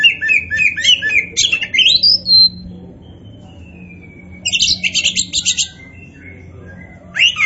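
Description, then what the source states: Oriental magpie-robin singing quick warbled phrases, then a long, thin whistle sliding slowly downward, followed by a harsh chattering burst and a final rising note. Kacer poci, a form of Oriental magpie-robin, described as gacor, meaning singing vigorously and often.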